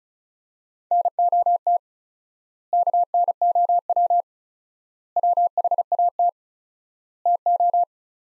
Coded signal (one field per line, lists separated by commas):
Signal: Morse code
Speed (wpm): 36 wpm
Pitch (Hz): 700 Hz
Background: none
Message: NOT KNOW WHAT TO